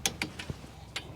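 A click-type torque wrench set to 25 double-checks a caliper bolt during a front and rear brake pad replacement on a 2007–2012 third-generation Toyota RAV4, done because brakes are important. The wrench gives a sharp click at 0.1 s, followed by fainter ticks around 0.2, 0.4 and 1.0 s. The bolt is confirmed to be exactly at spec.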